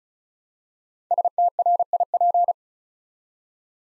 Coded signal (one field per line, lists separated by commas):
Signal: Morse code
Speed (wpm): 36 wpm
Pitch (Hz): 700 Hz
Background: none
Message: STRIP